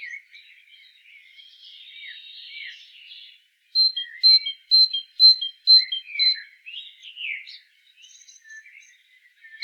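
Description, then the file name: Great tit calls in a crisp run of paired notes, high then lower, repeated about every half second, after quieter scattered twitters. "Parus major"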